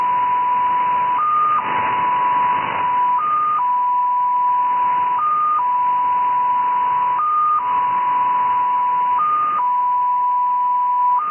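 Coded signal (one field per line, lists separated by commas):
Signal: numbers station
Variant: XPA2, 7.5 baud MFSK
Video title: XPA2 Number Station, SVR Russia, Null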